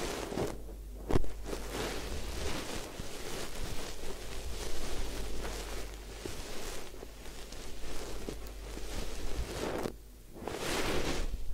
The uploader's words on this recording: Head Spa Hair Wash, Massage, Ear Cleaning (No Talking).